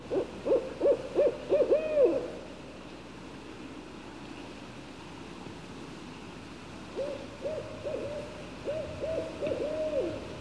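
Barred owl calling in bursts of rapid, rising-and-falling hoots, a first run of several notes, a long gap, then another similar run.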